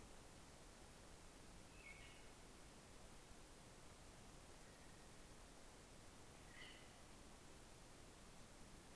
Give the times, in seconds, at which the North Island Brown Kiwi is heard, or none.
none